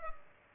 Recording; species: mosquito wingbeat signal from an infrared sensor; Culex pipiens